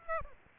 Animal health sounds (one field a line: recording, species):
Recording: mosquito wingbeat signal from an infrared sensor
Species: Aedes aegypti